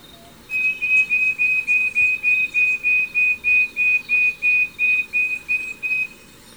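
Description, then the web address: Wing-banded Wren song: a long run of pure, high whistled notes on one steady pitch, about three per second, evenly spaced for over five seconds. Ecuador. "Birds of Ecuador 29 wing-banded Wren"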